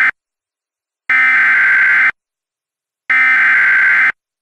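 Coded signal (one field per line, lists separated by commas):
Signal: Emergency Alert System (SAME) tones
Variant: header bursts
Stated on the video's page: Recreated mock EAS tornado warning with valid SAME tones, styled after a cable system's DASDEC alert.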